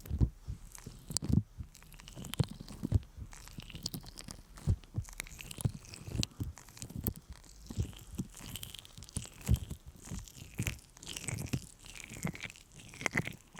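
Sticky honey is worked around the ear in a massage, making wet, tacky clicks and crackles that come in quick irregular bursts. Sharp popping snaps recur every second or so among softer smacking textures. Bright, sweeping rustles rise and fall throughout.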